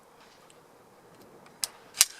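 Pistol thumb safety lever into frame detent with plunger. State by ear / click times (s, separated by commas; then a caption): seated / 1.6 s. The steel thumb safety lever of a Rock Island Armory 1911 two-tone pistol is pushed back into position, where a small detent drilled into the frame lets the spring plunger hold it. A sharp little click is heard at 1.6 s as it snaps into the detent, followed by a louder sharp click at 2.0 s over a quiet background. The safety seats in the added detent.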